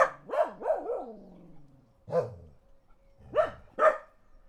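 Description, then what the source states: Dog barking in a rapid run of four barks, then a few more spaced single barks. Dogs barking in the countryside.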